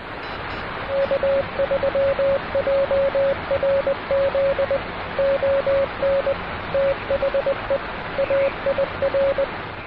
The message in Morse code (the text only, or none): K3JRZ ON THE AIR